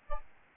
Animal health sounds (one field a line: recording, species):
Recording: mosquito wingbeat signal from an infrared sensor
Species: Aedes albopictus